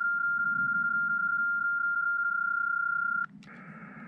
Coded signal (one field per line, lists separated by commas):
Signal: PSK31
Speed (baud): 31.25 baud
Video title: Mount Ord SOTA Activation Part I - PSK31